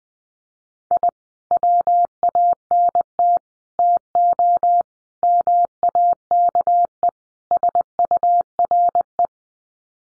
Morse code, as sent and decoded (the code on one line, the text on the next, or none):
.. / .-- .- -. - / - --- / -- .- -.- . / ... ..- .-. .
I WANT TO MAKE SURE